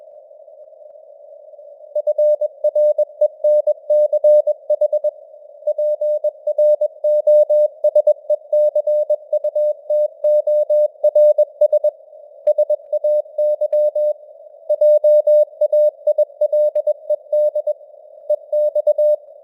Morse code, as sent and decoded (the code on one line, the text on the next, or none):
..-. .-. . -. -.-. .... / .--. .-. --- ... . -.-. ..- - --- .-. ... / ... .- -.-- / .--- .- .. .-.. . -.. / . -..-
FRENCH PROSECUTORS SAY JAILED EX